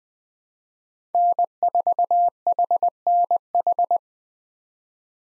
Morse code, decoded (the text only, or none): N4HNH